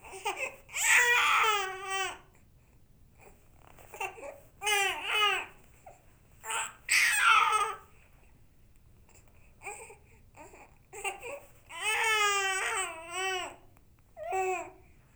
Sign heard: Baby Cry.